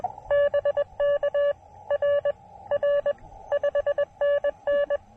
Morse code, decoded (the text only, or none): BK R R 5NN